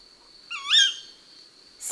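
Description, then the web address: A tawny owl calls once with a harsh upslurred-then-falling kewick; a brief burst of noise follows at the end. "la chouette hulotte. album cuicui-et-compagnie"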